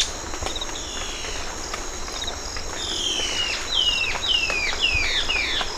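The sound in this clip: Bird calls, faint whistles building into a quick series of sharp, downward-slurred notes, with a continuous high-pitched insect drone behind them.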